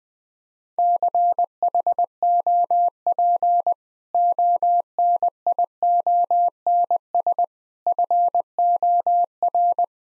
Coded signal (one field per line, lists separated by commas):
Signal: Morse code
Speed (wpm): 20 wpm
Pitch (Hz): 700 Hz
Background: none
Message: CHOP ONIONS FOR